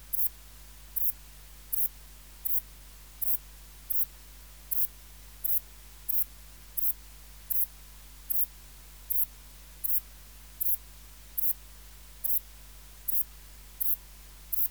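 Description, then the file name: Saddle-backed bush-cricket repeating short, shrill, hissing chirps in a long steady rhythm, with a quiet low hum throughout. "Ephippiger cruciger"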